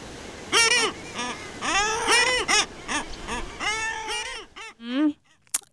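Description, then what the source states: Common Guillemot agitated calls, rasping wailing notes rising and falling in quick bursts. Call of an upset guillemot, apparently complaining about its neighbour; an example from a decoding of guillemot call meanings.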